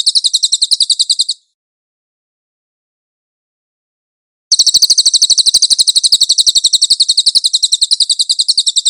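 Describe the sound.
Cililin song: quick high repeated notes that stop after a second, a silence of about three seconds, then a long, steady, rapid train of notes.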